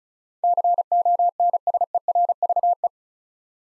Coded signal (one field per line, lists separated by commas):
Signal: Morse code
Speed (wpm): 36 wpm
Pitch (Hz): 700 Hz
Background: none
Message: CONSERVE